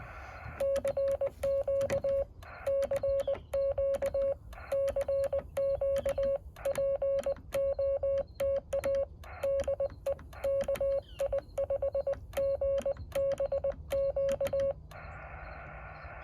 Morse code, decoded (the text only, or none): CQ CQ CQ POTA DE KI5GBQ